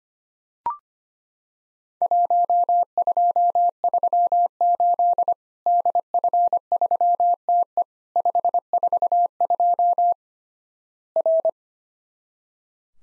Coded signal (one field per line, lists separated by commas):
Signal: Morse code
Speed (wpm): 25 wpm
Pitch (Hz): 700 Hz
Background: none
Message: 1238 DF3TE 542 R